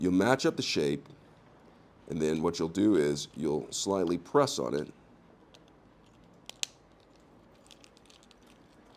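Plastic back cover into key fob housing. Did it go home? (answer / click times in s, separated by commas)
yes / 6.5 s, 6.6 s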